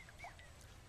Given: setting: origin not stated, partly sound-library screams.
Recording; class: one-second piece from a danger detection set; normal situation